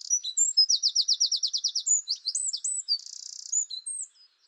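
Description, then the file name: Eurasian wren song, shrill and fast, with an opening rapid trill, bright swooping notes and a brief buzzy rattle before fading out. "Troglodytes troglodytes"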